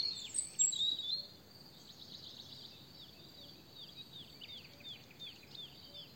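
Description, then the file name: European robin giving a short bright burst of high notes, followed by a faint run of quick short high notes. "Erithacus rubecula"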